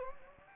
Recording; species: mosquito wingbeat signal from an infrared sensor; Anopheles gambiae